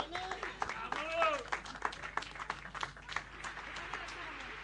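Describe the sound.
An audience applauds the drummer's boyfriend with a quick, uneven patter of claps across the whole stretch, joined early on by a few shouted or whooping voices that fade as the clapping carries on.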